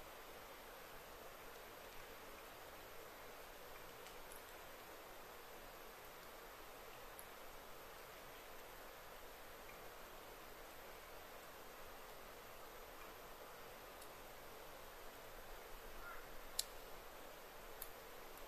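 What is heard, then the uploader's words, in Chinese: A very quiet wild forest thicket: a soft, steady hiss fills the whole stretch with little change. A handful of faint, sharp ticks or chirps break through now and then, near 4, 7, 14 and 17 seconds, slightly louder toward the end. 林薮呖呖·极静深野。朝生夕死的虫啊！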